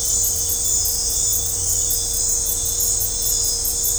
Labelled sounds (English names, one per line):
none